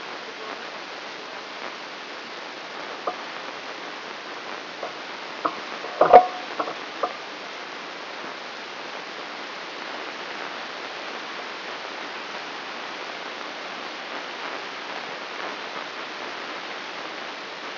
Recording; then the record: brain microelectrode recording played as sound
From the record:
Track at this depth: outside the subthalamic nucleus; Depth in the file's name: 7.26 mm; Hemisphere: left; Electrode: 3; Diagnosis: Parkinson's disease